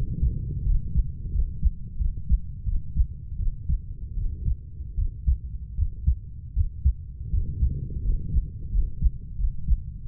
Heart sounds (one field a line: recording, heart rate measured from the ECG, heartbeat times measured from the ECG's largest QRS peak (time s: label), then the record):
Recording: heart sounds by stethoscope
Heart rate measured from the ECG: 83 bpm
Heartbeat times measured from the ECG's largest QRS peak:
0.64 s: heartbeat
1.31 s: heartbeat
1.98 s: heartbeat
2.65 s: heartbeat
3.37 s: heartbeat
4.15 s: heartbeat
4.96 s: heartbeat
5.76 s: heartbeat
6.54 s: heartbeat
7.31 s: heartbeat
8.03 s: heartbeat
8.71 s: heartbeat
9.37 s: heartbeat
10.06 s: heartbeat
From the record:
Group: healthy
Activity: rest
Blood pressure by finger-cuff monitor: 135/57 mmHg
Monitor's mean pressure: 78 mmHg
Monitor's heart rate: 82 bpm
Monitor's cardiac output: 9.5 L/min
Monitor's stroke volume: 118 mL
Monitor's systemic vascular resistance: 600 dyn s/cm5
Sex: female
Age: 32 years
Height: 168 cm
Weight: 61.9 kg